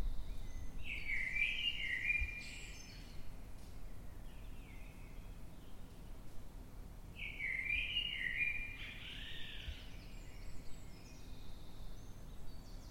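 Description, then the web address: Eurasian blackbird song: two mellow warbled phrases about six seconds apart, over a constant low hum. Singing at night in London, UK, 9 March 2026, at 3:50 am. "Blackbird Dead Of Night. in the dead of night, London, UK, on 9th March 2026 at 3:50 am by eleanor mcdowall"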